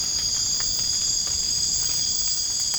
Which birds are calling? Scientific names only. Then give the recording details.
none. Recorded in dense forest near Puerto Asís, Putumayo, Colombia, on 27 June 2025 at 00:30. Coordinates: 0.481, -76.323. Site G072